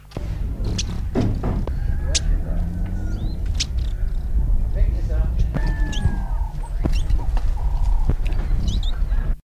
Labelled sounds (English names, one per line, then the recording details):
Red-billed Firefinch call
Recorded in the wild
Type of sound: call
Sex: pair
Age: adult
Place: Maun, BW
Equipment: Halbspur, 9,5 cm/s
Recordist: Lütgens, Hans
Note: Rufe